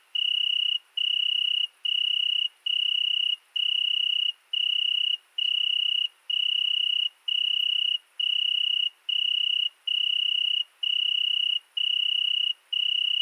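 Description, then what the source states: Italian tree cricket song, a pure trill repeated in regular bursts just under a second apart throughout, against a quiet night background. Single tree cricket settled for two nights in Virginia creeper under a window, recorded at night 22:30 on 13 August 2020 at Fourcinet ValMaravel with Nagra Seven and MKH40 cardioid microphone.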